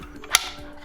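Closing the handle on the drive drawer of an HPE StoreOnce 6500 70-bay storage enclosure releases the lock that holds the drawer in place, since the drawer stays locked while the handle is open. A faint tick at about 0.2 s is followed by a single sharp click at 0.4 s. The lock lets go and the drawer can be pulled out.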